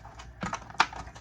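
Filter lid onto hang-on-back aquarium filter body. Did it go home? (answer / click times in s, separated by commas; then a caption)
no / none. The plastic lid of a Seachem/Sicce Tidal 55 hang-on-back aquarium filter on a 29-gallon aquarium is pressed back onto the filter body while the unit sits up against the wall. Light plastic taps and rattles around 0.4–0.5 s lead to a sharper knock at 0.8 s. The lid has not snapped in at the back, because the wall keeps it from going on properly, so nothing has seated yet.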